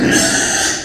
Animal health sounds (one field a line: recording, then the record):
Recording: squeal of a Yucatan mini pig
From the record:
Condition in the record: before surgery on the right vocal fold (resection and tissue-engineered implant)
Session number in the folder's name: 3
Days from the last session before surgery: 0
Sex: female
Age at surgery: 19 weeks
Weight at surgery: 25 kg